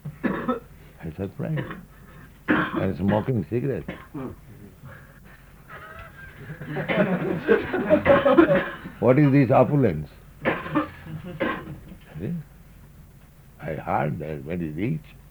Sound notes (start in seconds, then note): 3.9 laughs; 5.2 laughter